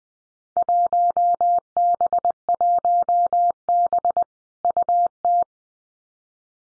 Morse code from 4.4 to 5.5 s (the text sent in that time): UT